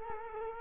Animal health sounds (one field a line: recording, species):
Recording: mosquito wingbeat signal from an infrared sensor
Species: Culex quinquefasciatus